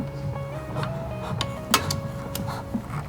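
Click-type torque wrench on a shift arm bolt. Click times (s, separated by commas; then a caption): 1.7 s. A bolt on the shift arm of a 2005 Subaru STI is tightened by hand with a click-type torque wrench, over a steady background tone and a few light knocks at about 1.4, 1.9 and 2.4 seconds. The wrench gives a sharp click at its set torque at 1.7 seconds, confirming the bolt is torqued.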